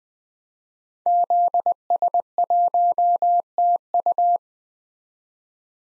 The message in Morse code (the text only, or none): ZS1TU